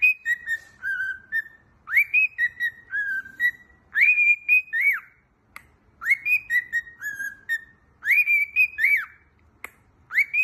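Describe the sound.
Cockatiel whistling a repeated tune, bright sliding notes that rise and hold then fall in stepped short notes, the phrase cycling several times.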